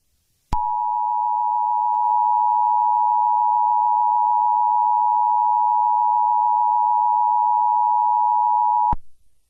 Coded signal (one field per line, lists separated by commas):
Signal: Emergency Alert System (SAME) tones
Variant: 853 and 960 Hz attention tone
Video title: The "Spiral" Of Death (TORNADO EAS SCENARIO)